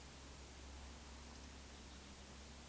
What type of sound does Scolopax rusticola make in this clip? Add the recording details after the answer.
whistle. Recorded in Baden-Württemberg, Germany, on 31 May 2021 at 20:06 UTC. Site 24606, 635 m above sea level